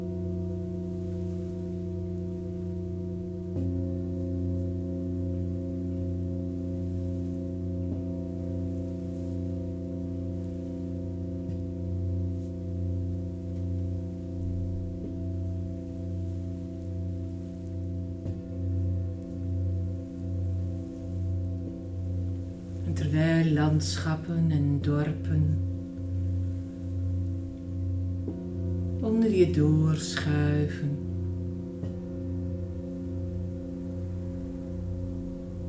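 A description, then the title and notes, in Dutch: Singing bowls hum in a steady layered drone of low, sustained tones, with a slow wavering beat that settles in after a few seconds. Around 23 and 29 seconds, two brighter strikes ring out with a shimmering, metallic attack before fading back into the hum. Klankschalen.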